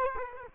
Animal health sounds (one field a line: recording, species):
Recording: mosquito wingbeat signal from an infrared sensor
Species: Culex quinquefasciatus